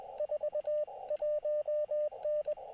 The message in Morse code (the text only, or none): 41N